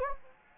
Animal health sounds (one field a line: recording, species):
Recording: mosquito wingbeat signal from an infrared sensor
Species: Anopheles gambiae